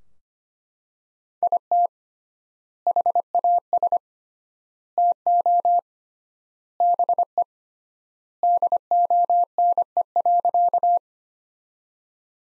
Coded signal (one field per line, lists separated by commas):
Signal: Morse code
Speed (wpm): 25 wpm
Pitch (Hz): 700 Hz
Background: none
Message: IT HAS TO BE DONE.